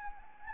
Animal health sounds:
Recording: mosquito wingbeat signal from an infrared sensor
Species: Anopheles arabiensis

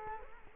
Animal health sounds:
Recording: mosquito wingbeat signal from an infrared sensor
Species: Culex quinquefasciatus

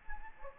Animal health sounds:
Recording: mosquito wingbeat signal from an infrared sensor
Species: Anopheles gambiae

